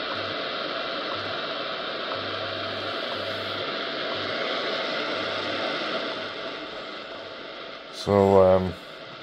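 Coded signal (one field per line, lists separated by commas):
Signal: radio time signal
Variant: WWV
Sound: shortwave hiss with faint low hum pulses of varying length, then a brief buzzy tone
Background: radio static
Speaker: listening to wwe25 megahertz or 25 000 kilohertz using only the telescopic antenna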